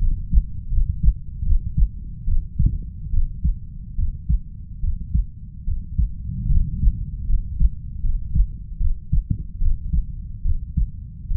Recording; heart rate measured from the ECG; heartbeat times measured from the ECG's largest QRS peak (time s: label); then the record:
heart sounds by stethoscope; 74 bpm
0.69 s: heartbeat
1.43 s: heartbeat
2.25 s: heartbeat
3.10 s: heartbeat
3.96 s: heartbeat
4.80 s: heartbeat
5.65 s: heartbeat
6.48 s: heartbeat
7.26 s: heartbeat
8.01 s: heartbeat
8.78 s: heartbeat
9.58 s: heartbeat
10.42 s: heartbeat
11.28 s: heartbeat
From the record:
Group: healthy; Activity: rest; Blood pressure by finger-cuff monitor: 126/65 mmHg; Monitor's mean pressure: 80 mmHg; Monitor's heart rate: 75 bpm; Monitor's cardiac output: 6.2 L/min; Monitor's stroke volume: 81 mL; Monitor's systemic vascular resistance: 920 dyn s/cm5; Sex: female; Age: 32 years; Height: 168 cm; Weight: 61.9 kg